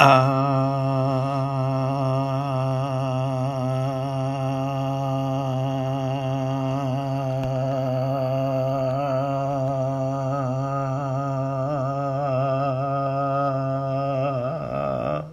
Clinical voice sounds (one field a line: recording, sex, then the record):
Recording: sustained vowel /a/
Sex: male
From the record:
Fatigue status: no fatigue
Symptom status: symptomatic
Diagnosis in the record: COVID-19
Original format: m4a